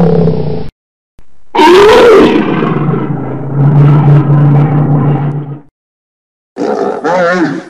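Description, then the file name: Bear growling: deep rumbling growls with wavering, rising and falling roars, in separate bursts broken by brief silences. "Tieng con gau keu"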